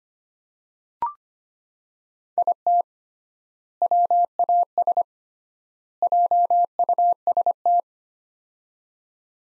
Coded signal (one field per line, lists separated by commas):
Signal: Morse code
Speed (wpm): 25 wpm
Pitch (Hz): 700 Hz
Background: none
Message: IT WAS JUST